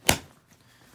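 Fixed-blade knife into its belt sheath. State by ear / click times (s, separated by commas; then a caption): seated / 0.1 s. An ESEE 3 fixed-blade knife made by Rowen is pushed into its molded belt sheath and snaps into place with a single sharp, bright click at 0.09 s, followed by near silence. The knife is securely seated and retained in the sheath.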